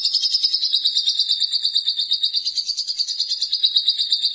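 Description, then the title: Lovebird song: continuous shrill chattering in quick, regular pulses, steady in pitch throughout. "BM Suara Burung Lovebird"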